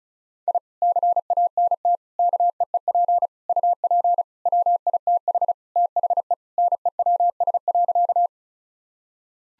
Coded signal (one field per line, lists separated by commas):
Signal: Morse code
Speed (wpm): 36 wpm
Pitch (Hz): 700 Hz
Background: none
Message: I CANT KEEP UP WITH THE NEWS.